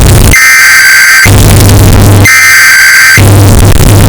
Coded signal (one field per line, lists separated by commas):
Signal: Emergency Alert System (SAME) tones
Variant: header bursts